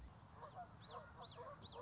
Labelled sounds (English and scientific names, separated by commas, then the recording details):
Common Yellowthroat (Geothlypis trichas)
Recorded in Sonoma County, California